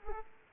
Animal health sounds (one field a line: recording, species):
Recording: mosquito wingbeat signal from an infrared sensor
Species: Aedes aegypti